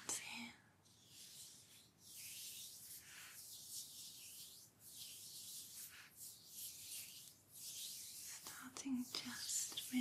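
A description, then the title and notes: Hands rub and brush over skin in a full body massage, making soft, airy swishes that come in long waves roughly every second or two. Faint murmured speech and a few brief tonal blips appear near the start and again around the ninth second. Blissful Full Body Massage & Spa Treatment.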